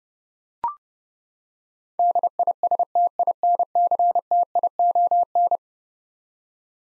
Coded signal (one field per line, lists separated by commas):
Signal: Morse code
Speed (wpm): 29 wpm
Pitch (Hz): 700 Hz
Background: none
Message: DISTINCTION